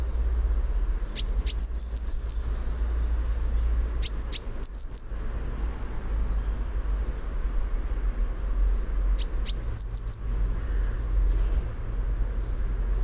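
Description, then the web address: Eurasian blue tit giving two piercing high notes and a brief descending trill, three phrases spaced a few seconds apart, low hum beneath. "fugl b-mejse"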